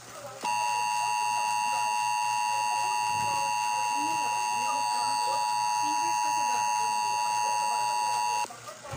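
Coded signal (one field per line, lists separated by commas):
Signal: Emergency Alert System (SAME) tones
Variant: 853 and 960 Hz attention tone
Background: speech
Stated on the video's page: Fictional EAS scenario.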